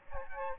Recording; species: mosquito wingbeat signal from an infrared sensor; Aedes aegypti